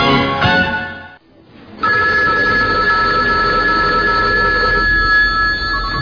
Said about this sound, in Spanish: Ahora cojo el teléfono. ¿Pero quién será?